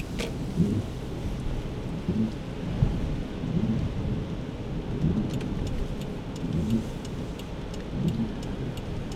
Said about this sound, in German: Ja, Engelskirchen, es regnet. Hier schneit nichts wie fein.